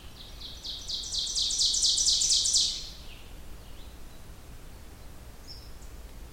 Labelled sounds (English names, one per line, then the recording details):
Ovenbird song
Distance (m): 20 m
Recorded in boreal forest in Alberta, Canada, on 16 June 2016 at 05:38
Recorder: SongMeter 3, array SBT-3-32
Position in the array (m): 118 m, 22 m
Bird 36